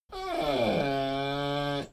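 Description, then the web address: Dogo Argentino whine, one drawn-out tone that dips in pitch early, then holds steady and level for over a second before cutting off. Whine labelled 'medium'. "soundpool geraeusche natur-tiere hunde"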